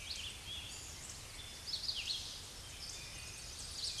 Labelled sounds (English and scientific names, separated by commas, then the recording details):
Red-eyed Vireo (Vireo olivaceus) song
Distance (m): 35 m
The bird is about 20 m above the microphone
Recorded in a Pennsylvania forest on 16 May 2024 at 07:14
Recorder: AudioMoth, point MSD-2208
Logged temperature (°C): 15.2 °C
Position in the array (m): 167 m, 70 m